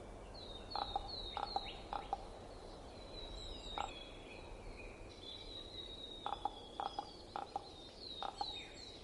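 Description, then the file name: Common raven calls in short groups of hollow knocking notes, spread throughout, with thin high whistles from small birds over steady background hiss. Recorded in winter in Estonia. "ronk"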